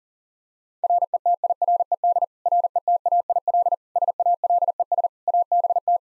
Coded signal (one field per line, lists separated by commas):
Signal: Morse code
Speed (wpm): 40 wpm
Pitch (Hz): 700 Hz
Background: none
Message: RETIRED RETAIL SALES ABT